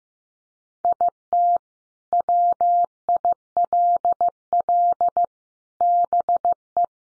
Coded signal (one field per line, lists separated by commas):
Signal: Morse code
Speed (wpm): 15 wpm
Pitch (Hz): 700 Hz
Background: none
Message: IT WILL BE